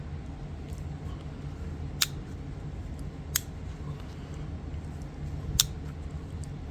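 A green Imperial Frontier lockback folding knife has its blade opened several times to check the lock. Sharp snaps are heard at 2.0, 3.4 and 5.6 seconds as the blade locks against the back-spring lock bar each time. The lock engages properly and is working well.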